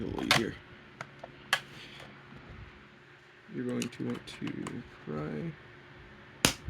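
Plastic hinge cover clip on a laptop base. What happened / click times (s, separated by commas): A plastic cover clip snaps loose / 6.5 s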